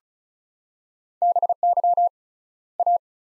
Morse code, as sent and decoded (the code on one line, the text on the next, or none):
-... -.-- / .-
BY A